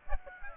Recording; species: mosquito wingbeat signal from an infrared sensor; Aedes aegypti